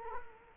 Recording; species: mosquito wingbeat signal from an infrared sensor; Culex quinquefasciatus